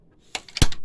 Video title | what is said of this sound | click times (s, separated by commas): Ciss system replacement on L1800 | All right, so you can hear a click there, so that's good. | 0.6 s